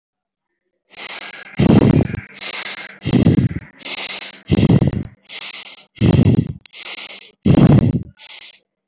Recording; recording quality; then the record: shallow breathing; excellent, no background noise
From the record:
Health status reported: exposed to COVID-19, no respiratory illness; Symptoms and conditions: none ticked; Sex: male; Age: 22 years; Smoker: not ticked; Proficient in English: yes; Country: India